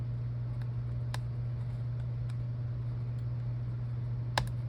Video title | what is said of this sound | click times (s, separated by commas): MacBook Air M1 A2337 Logic Board Replacment | you'll hear it snap in | 4.4 s